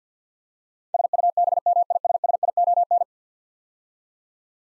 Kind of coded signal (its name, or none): Morse code